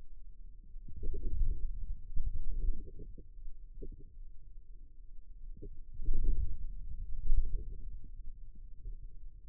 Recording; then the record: forearm muscle sounds (acoustic myography)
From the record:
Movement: inward rotation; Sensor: system 2, bracelet of six BSWA MPA416 microphones around the upper forearm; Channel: 4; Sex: male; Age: 22 years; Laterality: right